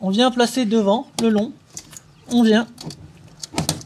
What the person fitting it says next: tac tac vous entendez c'est clipser